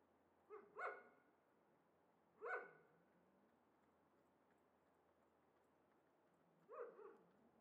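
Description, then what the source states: Dog barks, faint and widely spaced, three single or paired barks over a steady background rush. Two or perhaps three dogs, apparently caged and unseen, excite each other at the slightest outside noise; Chamonix-Mont-Blanc, Auvergne-Rhône-Alpes, France; continuous rush of the Arveyron river in the distance.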